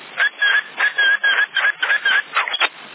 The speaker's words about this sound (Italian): Sì, ma c'è qualcuno sta mandando portante e sta fischiando. Chi è avanti? Lo sentite? Sì, un fischio, ma passate tutti qua, ma sorvoliamo.